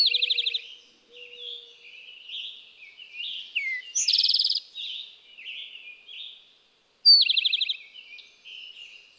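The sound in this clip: Eastern towhee giving three loud trilled phrases, roughly every three to four seconds, amid busy background chirping and warbling.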